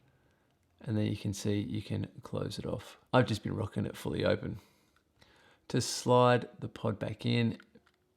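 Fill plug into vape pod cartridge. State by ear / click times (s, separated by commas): not seated / none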